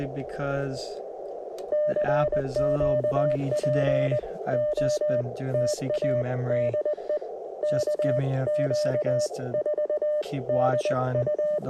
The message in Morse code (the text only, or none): CQ POTA DE KQ4DU